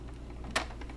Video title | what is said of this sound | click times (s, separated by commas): Xiro Xplorer-G: Detailed video review of Unboxing, Setup and Flight Testing of XIRO XPLORER-G Drone. | clicked and locked in I'm going to power this on just | 0.6 s